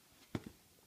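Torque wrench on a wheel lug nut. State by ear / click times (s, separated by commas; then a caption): torque reached / 0.3 s. A torque wrench, set to the pounds-per-square-inch value recommended by the car's manufacturer, is applied to a wheel lug nut after the car is lowered so the tire sits firmly on the ground. A single short, faint click sounds at 0.4 s, followed by a softer tap, against quiet background. The click shows the lug nut has been properly torqued.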